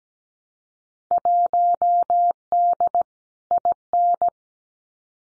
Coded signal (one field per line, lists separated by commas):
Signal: Morse code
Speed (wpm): 17 wpm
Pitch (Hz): 700 Hz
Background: none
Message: 1D IN